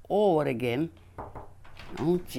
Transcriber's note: knock on door